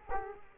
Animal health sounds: mosquito wingbeat signal from an infrared sensor; Culex quinquefasciatus

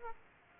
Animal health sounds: mosquito wingbeat signal from an infrared sensor; Aedes aegypti

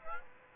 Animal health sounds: mosquito wingbeat signal from an infrared sensor; Aedes aegypti

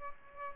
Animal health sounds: mosquito wingbeat signal from an infrared sensor; Aedes albopictus

